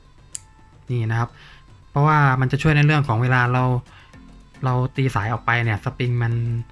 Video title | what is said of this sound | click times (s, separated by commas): Unbox SHIMANO SAHARA2022 แกะกล่องรีวิวผ่ารอกตัวตัวใหม่ล่าสุดน่าใช้มาก #SHIMANOreel #fishing | จะให้เป็นหมดล็อคมาให้นะครับเป็นนะครับพอเปิดสุดแล้วมันจะมีเสียงดังกริ๊กนะครับนี่ | 0.3 s